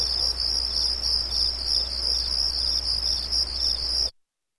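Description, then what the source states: Crickets chirping in a steady, high-pitched, rhythmic trill over low background hum, cutting off abruptly near the end. Night ambience with light, high-pitched, rhythmic crickets.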